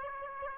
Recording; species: mosquito wingbeat signal from an infrared sensor; Aedes aegypti